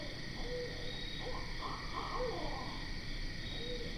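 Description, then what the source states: Barred owl calls, low hoots and a cluster of wavering, excited notes around the middle, set against a steady droning insect chorus. Recorded on 12 September 2010.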